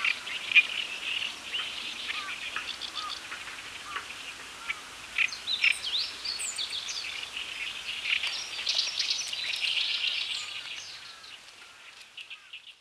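Bird calls: many soft, high chirps and short trills throughout, over background hiss.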